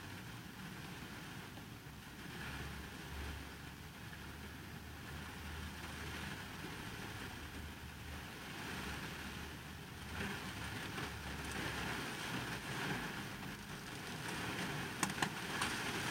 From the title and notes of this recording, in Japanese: とある日の雨の日の車内。無人の車内で録った音です。大雨の日に人のいない車内ではどんな音がしてるのかなと思って録ってみました。